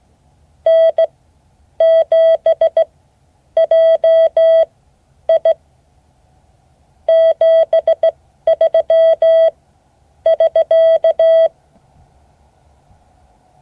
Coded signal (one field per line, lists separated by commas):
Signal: Morse code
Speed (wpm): 17 wpm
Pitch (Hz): 650 Hz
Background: none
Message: N7JI 73<SK>